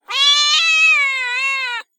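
Cat giving a single drawn-out meow, steady and slightly wavering in pitch, lasting under two seconds with no other sounds.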